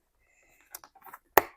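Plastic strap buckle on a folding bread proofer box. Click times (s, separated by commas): 1.4 s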